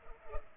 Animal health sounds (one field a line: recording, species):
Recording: mosquito wingbeat signal from an infrared sensor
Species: Culex pipiens